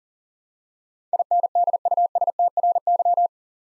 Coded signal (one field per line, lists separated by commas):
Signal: Morse code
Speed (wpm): 40 wpm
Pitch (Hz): 700 Hz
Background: none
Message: INDUSTRY